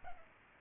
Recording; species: mosquito wingbeat signal from an infrared sensor; Culex pipiens